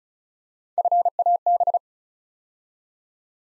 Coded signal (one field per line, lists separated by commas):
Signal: Morse code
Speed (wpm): 36 wpm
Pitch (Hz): 700 Hz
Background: none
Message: FAB